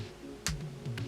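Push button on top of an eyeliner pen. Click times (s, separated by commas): 0.5 s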